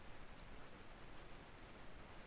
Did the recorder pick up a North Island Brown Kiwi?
no